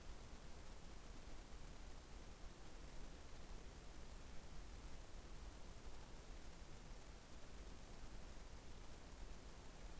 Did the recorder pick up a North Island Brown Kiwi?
no